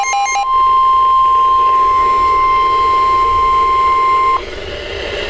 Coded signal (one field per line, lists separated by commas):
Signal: Emergency Alert System (SAME) tones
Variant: 1050 Hz attention tone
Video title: EAS #88 PDS Severe Thunderstorm Warning 6/30/14